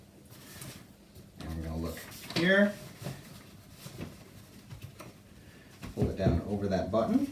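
Someone talks while pulling the textile back element of a Bugaboo Lynx stroller seat down over a button on the plastic seat frame, with brief handling sounds around 1.4 s and 2.3 s. Nothing has seated or locked into place yet.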